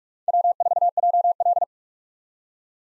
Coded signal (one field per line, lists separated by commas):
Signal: Morse code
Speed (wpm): 46 wpm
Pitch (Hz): 700 Hz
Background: none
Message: W4JL